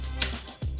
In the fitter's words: see nice click in there